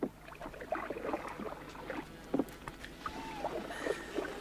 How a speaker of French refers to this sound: Dans l'après-midi, comme prévu, les amis de Tournesol vont reconnaître les lieux et vers 11h du soir, une barque glisse presque sans bruit sur le lac. La nuit est claire, tout est calme, reposant, ou presque.